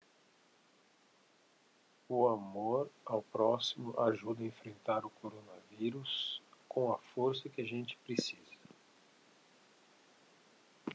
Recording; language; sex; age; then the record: spoken sentence; Brazilian Portuguese; male; 40 to 49 years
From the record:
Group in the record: control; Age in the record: 46 years